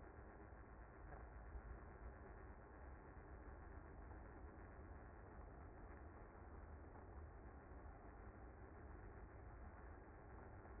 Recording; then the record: honeybee colony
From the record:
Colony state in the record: active